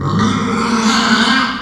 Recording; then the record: squeal of a Yucatan mini pig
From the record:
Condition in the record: after surgery on the right vocal fold (resection and tissue-engineered implant); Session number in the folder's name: 16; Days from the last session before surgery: 183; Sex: female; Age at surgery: 19 weeks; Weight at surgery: 25 kg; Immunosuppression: prednisolone